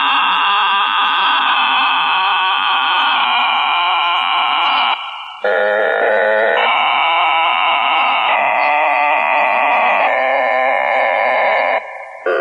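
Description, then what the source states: Dense frog chorus of pulsed, buzzy trills running almost without pause, its texture shifting in blocks every couple of seconds. Frogs recorded at Harpers Mill.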